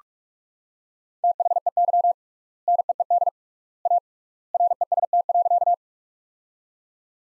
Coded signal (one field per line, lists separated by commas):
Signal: Morse code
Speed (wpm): 42 wpm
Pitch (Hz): 700 Hz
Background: none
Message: THEY NEED A REST.